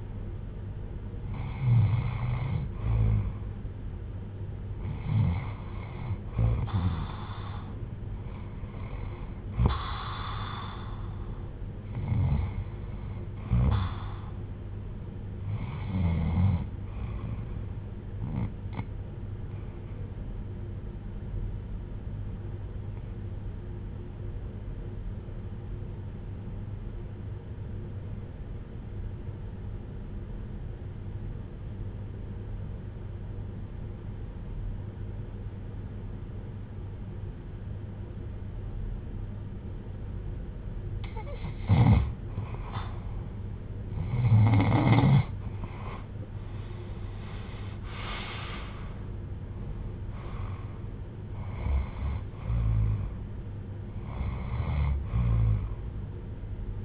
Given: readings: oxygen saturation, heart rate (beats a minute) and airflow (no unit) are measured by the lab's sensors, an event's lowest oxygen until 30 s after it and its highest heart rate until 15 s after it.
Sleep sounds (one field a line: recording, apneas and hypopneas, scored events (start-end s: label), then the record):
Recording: breathing in sleep by a smartphone at the bedside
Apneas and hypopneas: 1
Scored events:
18.00-45.40 s: hypopnea (REM, oxygen 95% highest, then 80% lowest, heart rate 68 at the start, 88 highest)
From the record:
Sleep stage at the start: REM sleep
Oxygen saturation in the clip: 82 to 95%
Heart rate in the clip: 67 to 88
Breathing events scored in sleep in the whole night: 310 in 8.1 hours asleep